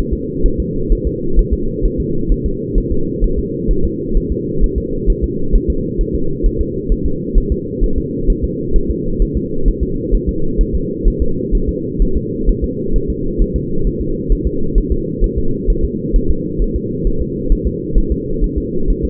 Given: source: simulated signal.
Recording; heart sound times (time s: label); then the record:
fetal heart sounds
0.13 s: S2
0.46 s: S1
0.60 s: S2
0.93 s: S1
1.07 s: S2
1.39 s: S1
1.53 s: S2
1.85 s: S1
2.00 s: S2
2.32 s: S1
2.46 s: S2
2.78 s: S1
2.92 s: S2
3.24 s: S1
3.39 s: S2
3.71 s: S1
3.85 s: S2
4.17 s: S1
4.32 s: S2
4.64 s: S1
4.78 s: S2
5.10 s: S1
5.24 s: S2
5.56 s: S1
5.70 s: S2
6.01 s: S1
6.15 s: S2
6.46 s: S1
6.61 s: S2
6.92 s: S1
7.06 s: S2
7.38 s: S1
7.52 s: S2
7.84 s: S1
7.98 s: S2
8.30 s: S1
8.44 s: S2
8.76 s: S1
8.90 s: S2
9.22 s: S1
9.37 s: S2
9.68 s: S1
9.83 s: S2
10.14 s: S1
10.29 s: S2
10.61 s: S1
10.75 s: S2
11.08 s: S1
11.22 s: S2
11.55 s: S1
11.69 s: S2
12.02 s: S1
12.17 s: S2
12.49 s: S1
12.64 s: S2
12.96 s: S1
13.10 s: S2
13.42 s: S1
13.56 s: S2
13.87 s: S1
14.01 s: S2
14.32 s: S1
14.47 s: S2
14.78 s: S1
14.92 s: S2
15.24 s: S1
15.38 s: S2
15.70 s: S1
15.84 s: S2
16.16 s: S1
16.31 s: S2
16.62 s: S1
16.76 s: S2
17.07 s: S1
17.22 s: S2
17.52 s: S1
17.67 s: S2
17.98 s: S1
18.12 s: S2
18.44 s: S1
18.58 s: S2
18.90 s: S1
19.05 s: S2
From the record:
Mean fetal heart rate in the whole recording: 130 bpm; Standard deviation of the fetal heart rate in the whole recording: 2 bpm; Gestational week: 38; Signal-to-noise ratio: -8.1 dB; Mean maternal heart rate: 72 bpm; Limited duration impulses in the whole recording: absent